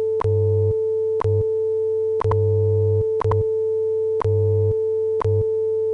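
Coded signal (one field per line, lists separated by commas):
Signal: radio time signal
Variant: WWV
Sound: steady mid-pitch tone with low hum, interrupted by a sharp tick each second, six ticks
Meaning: Each tick marks one second of UTC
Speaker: tone 19 hours two minutes coordinated Universal Time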